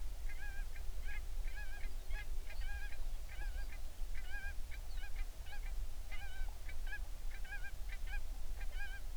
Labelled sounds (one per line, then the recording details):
waterfowl
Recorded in the Prudhoe Bay oil fields, Alaska, on 11 June 2019 at 04:51
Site 21